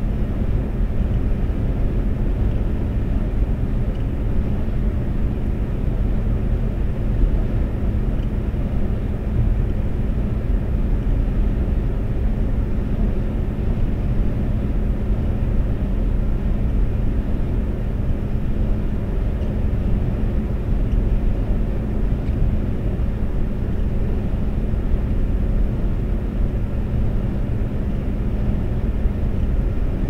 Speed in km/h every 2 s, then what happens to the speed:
130, 130, 130, 130, 130, 130, 130, 130, 130, 130, 130, 130, 130, 130, 130.
0-30 steady at about 130.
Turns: none.